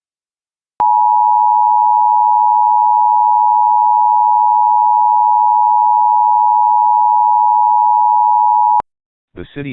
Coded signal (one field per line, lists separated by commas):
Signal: Emergency Alert System (SAME) tones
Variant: 853 and 960 Hz attention tone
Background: speech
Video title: EAS Child Abduction Emergency (AMBER Alert) Cleveland, Ohio Regional Alert